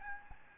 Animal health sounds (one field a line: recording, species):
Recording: mosquito wingbeat signal from an infrared sensor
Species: Aedes albopictus